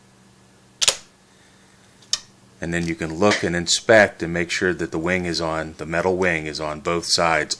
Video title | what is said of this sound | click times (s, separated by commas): DELL INSPIRON 15 (1545) Memory Upgrade (Watch my mistake) | and you'll hear a click | 0.8 s, 0.9 s